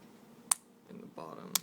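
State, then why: Seated. A plastic keycap is pressed down onto its scissor mechanism and metal stabilizer bar on a MacBook Pro keyboard, and its bottom catches snap in together at 0.5 s as a single sharp click made of two simultaneous clicks. Someone talks afterward, with a second faint click near 1.6 s, and the keycap is seated.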